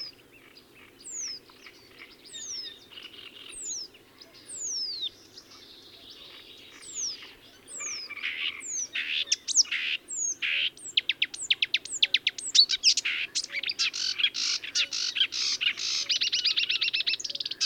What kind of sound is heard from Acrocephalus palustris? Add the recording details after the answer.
song. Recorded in the wild. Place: Lütow, Insel Usedom, Mecklenburg-Vorpommern, DE. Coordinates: 54.032, 13.888. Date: 1975-06-13 03:30. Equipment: Nagra III BH, Sennheiser MD 21, parabola. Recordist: Schubert, Michael. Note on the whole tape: Gesang Sumpfrohrsänger